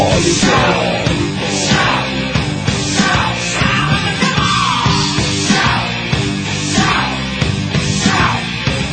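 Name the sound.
people shouting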